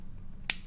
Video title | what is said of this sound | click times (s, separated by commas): Blackberry Porsche Design P'9881 Unboxing | snap in place | 0.5 s